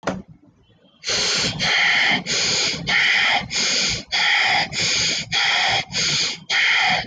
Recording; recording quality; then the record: shallow breathing; excellent, no background noise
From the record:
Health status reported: healthy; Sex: male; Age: 20 years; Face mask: worn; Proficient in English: yes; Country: India